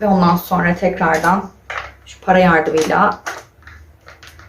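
Someone talks while a coin is used to turn and press the plastic end cap of a Dyson V8 cordless vacuum floor brush head back into place after cleaning. Soft handling taps and scrapes follow near the end of the clip. Nothing has seated or clicked yet.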